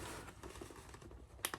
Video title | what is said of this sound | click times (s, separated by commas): Head 'Rachel' ski helmet with visor - reviewed by Steve from Ski Shack Reviews | pop off. It says it's a two-second job. There we go, there's one. | 1.5 s